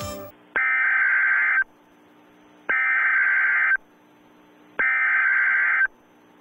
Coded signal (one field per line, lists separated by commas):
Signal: Emergency Alert System (SAME) tones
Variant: header bursts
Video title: US #EAS test in ShotCut